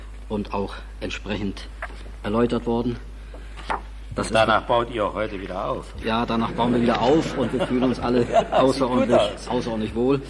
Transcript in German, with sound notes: und auch entsprechend erläutert worden
Danach baut ihr auch heute wieder auf.
[Publikum und lachen] Ja, danach bauen wir heute wieder auf und fügen uns alle außerordentlich wohl.